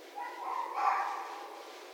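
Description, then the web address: Red fox scream: a single harsh, raspy cry that swells and then fades over about a second, with steady background hiss. Recorded 6 January 2012. "Red Fox 2012 01 06 Red Fox"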